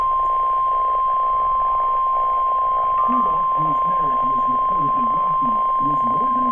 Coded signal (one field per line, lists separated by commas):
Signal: Emergency Alert System (SAME) tones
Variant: 1050 Hz attention tone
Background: speech